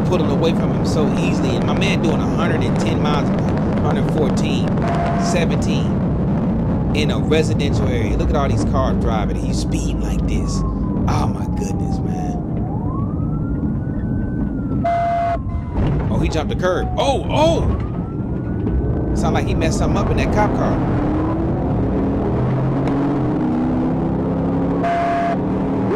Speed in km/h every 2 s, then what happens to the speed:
184, 188, 169, 134, 100, 89, 53, 31, 34, 35, 72, 81, 95.
2-14 brakes to 31. 14-26 speeds up to 95.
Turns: 13-18.